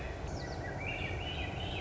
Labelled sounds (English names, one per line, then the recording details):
Swainson's Thrush
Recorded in Sonoma County, California